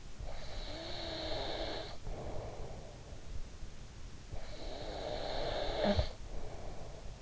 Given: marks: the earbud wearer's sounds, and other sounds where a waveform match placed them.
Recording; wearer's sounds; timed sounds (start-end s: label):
sounds in sleep by an in-ear microphone; breath, snoring breath
0.00-3.18 s: breath
4.15-7.17 s: snoring breath